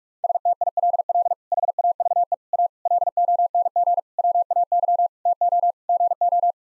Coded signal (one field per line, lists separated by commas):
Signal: Morse code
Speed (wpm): 46 wpm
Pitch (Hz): 700 Hz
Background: none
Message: STILL HAVE A LONG WAY TO GO